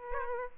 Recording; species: mosquito wingbeat signal from an infrared sensor; Aedes albopictus